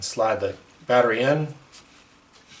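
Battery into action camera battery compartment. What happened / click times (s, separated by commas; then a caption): The part is being handled but has not seated; no click is heard / none. A rechargeable battery is being slid into the battery compartment of an SJ4000 action camera while someone talks. Only speech and faint handling noise are heard, and nothing has seated or clicked yet.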